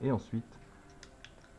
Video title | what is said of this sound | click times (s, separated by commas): KAI DENG K130 & K100 Selfie Drones Test Démo / du ciel à la poche !!! | On va venir la clipser tout d'abord vers l'arrière ici | 1.0 s, 1.2 s